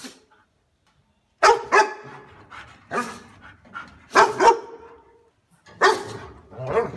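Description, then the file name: Dog bark, a second of silence, then loud harsh barks in doubled bursts separated by brief gaps, with a softer trailing yap near the end. "Tieng cho sua"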